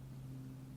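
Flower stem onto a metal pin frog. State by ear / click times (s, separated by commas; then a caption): not seated / none. A fresh flower stem is pushed down with both hands onto the metal pins of a kenzan (pin frog) in an ikebana container. Only a steady low hum with faint broadband hiss is heard, with no sharp hits. Nothing has seated or clicked yet.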